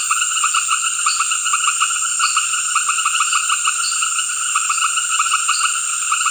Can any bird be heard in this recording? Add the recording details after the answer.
no. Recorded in secondary vegetation near Puerto Asís, Putumayo, Colombia, on 8 March 2025 at 18:30. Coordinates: 0.488, -76.319. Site G095